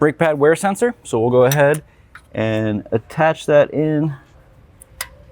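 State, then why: Seated. Someone talks while a rear brake pad wear sensor on a 2018-2025 Audi B9 S5 is pressed into the inner brake pad during a rear brake rotor and pad replacement. A faint tick at 4.8 seconds is followed by a sharp, brief click at 5.0 seconds as the sensor seats in place.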